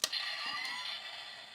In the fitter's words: See you hear that click and then you hear that that that work.